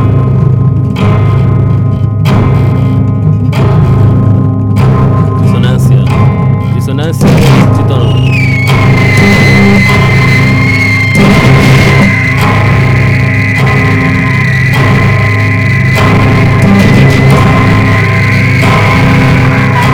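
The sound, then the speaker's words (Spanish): Dense, dissonant tritone-based music improvisation with a steady tritone pulse: loud sustained tones stack into a thick clashing texture, punctuated by regular accented hits, with a high whining line entering midway. “y ahora locura en tritonal, así, con disonancia igual. Pero así como igual más densa, así como con un cierto ritmo, así, un pulso tritonal, así.”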